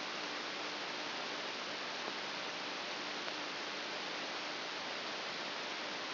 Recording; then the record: brain microelectrode recording played as sound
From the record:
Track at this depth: outside the subthalamic nucleus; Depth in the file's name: 8.001 mm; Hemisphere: right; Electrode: 2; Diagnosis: Parkinson's disease